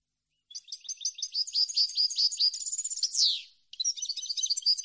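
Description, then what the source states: European goldfinch song: a fast, rolling series of liquid twittered notes with a drawn-out buzzy slur, then more twittering. Clean goldfinch song recording made for copying, meant for song training of birds.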